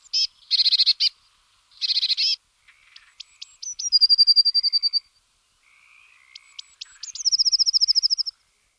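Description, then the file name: Eurasian blue tit song: two buzzy churring bursts, then thin high descending notes running into a fast ringing trill; the high notes and trill are then given a second time. "blaumeise"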